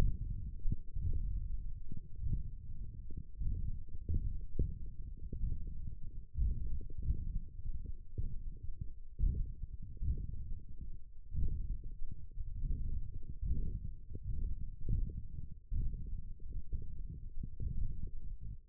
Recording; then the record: forearm muscle sounds (acoustic myography)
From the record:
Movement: index flexion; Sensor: system 1, eight BSWA MPA416 microphones around the upper forearm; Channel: 2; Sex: male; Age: 21 years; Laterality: right